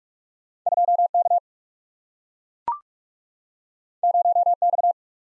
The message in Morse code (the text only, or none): 2K 0X